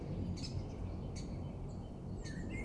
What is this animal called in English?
Great Spotted Woodpecker